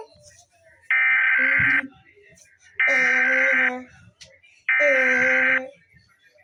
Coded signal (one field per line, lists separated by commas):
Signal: Emergency Alert System (SAME) tones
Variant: header bursts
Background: speech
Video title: eas, alarms